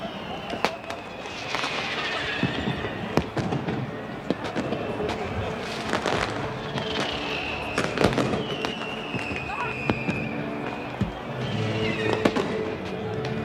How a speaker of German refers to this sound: Ein beeindruckendes Feuerwerk in etwa 300 Meter Höhe über dieser Stadt.